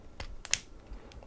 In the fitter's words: and that locks into place